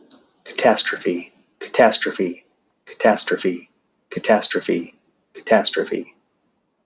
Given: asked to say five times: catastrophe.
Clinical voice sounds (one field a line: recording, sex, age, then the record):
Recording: repeated word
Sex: male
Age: 30 to 39 years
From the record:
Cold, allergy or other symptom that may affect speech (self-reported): no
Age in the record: 35 years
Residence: Washington, United States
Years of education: 17